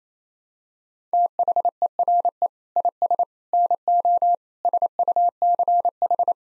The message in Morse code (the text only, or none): THERE IS NO SUCH